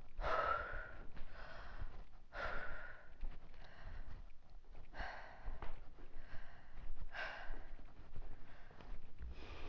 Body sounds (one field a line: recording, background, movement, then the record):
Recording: deep breathing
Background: quiet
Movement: walking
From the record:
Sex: female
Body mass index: 22.6 kg/m2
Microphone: on the chest, facing outward